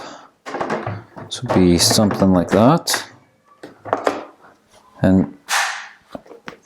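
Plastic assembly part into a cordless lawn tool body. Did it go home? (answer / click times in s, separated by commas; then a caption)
yes / 6.5 s. Someone talks while a plastic assembly part is pushed into the body of a Milwaukee M18 Fuel QUIK-LOK cordless lawn tool, with a few light handling knocks in between. The part snaps into place with a sharp click at 6.5 s, and it is seated.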